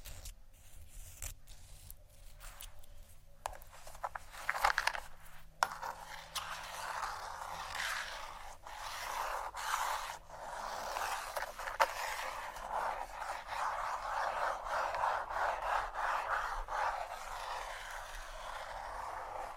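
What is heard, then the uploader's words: ASMR scratching and tapping: a continuous dry rubbing and scraping texture, like nails or a rough tool dragged over wood, fills the whole twenty seconds at a fairly even level. Sharp taps and clicks break through now and then, notably near five and twelve seconds. ASMR Scratch & Tap For Your Nap（No Talking）.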